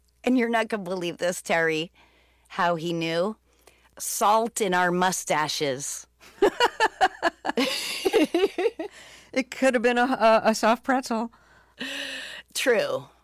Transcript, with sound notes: And you're not gonna believe this, Terry, how he knew. Salt in our mustaches.
(LAUGHTER)
It could have been a soft pretzel.
True.